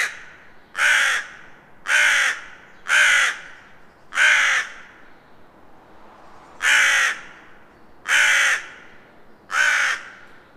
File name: Corvus corone